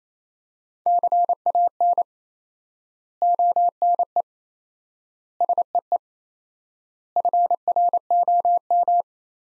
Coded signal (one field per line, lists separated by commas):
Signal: Morse code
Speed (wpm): 28 wpm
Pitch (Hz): 700 Hz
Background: none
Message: CAN ONE SEE FROM